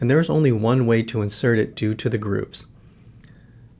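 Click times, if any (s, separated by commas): 3.2 s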